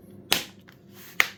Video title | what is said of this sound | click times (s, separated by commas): Nitro 5 battery not charging? Acer Nitro 5 battery replacement - How change your nitro 5 battery! | don't be afraid of the clicks guys the clicks is good things | 0.3 s, 1.2 s